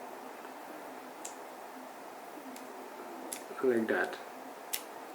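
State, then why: Released. Inside an SJ4000 action camera, the small flip-lock flap on the LCD ribbon cable connector on the circuit board is flicked open so the ribbon can be pulled out. Someone talks briefly, then a sharp click is heard at 4.7 s as the latch releases.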